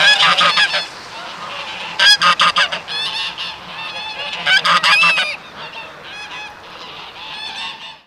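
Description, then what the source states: Goose: geese cackling in a noisy flock, harsh honks bursting in rapid clusters, with steady background chatter between. Several geese cackling.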